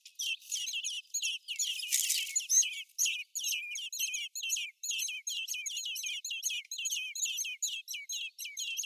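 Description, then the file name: Common blackbird chirps, high and falling, repeated rapidly, with a short burst of hissing noise early on. "Turdus merula"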